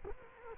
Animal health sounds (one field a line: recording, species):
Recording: mosquito wingbeat signal from an infrared sensor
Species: Culex quinquefasciatus